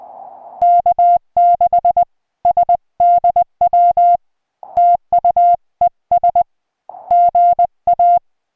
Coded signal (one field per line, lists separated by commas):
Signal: Morse code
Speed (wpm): 20 wpm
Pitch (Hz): 700 Hz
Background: music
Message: K6SDW TU ES GA